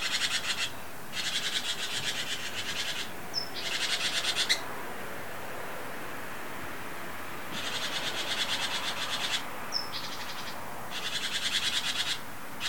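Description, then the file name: Great tit giving rasping, buzzy churr calls in long bursts, now and then led by a brief high note, with quiet gaps between. "Parus major"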